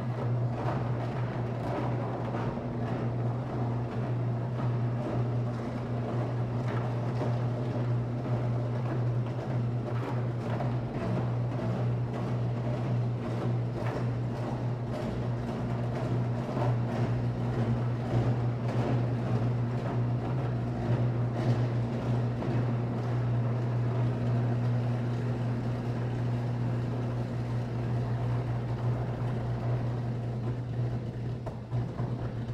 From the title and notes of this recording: An electric arc furnace running a "meltdown" process. Three giant electrodes, each 8 feet tall and 1 foot across, create a continuous electrical arcing for melting and mixing ingredients used in industrial steel casting. Even at that distance, it's once of the loudest things I've ever recorded. Sound Devices 702 mid/ pressure: MKH8060 side/ gradient: MKH30 recorded at Bradken Foundry in Tacoma, WA.